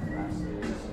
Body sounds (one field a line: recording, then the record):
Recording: background sound without coughing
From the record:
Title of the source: 60 minutes of coffee shop sounds for study and concentration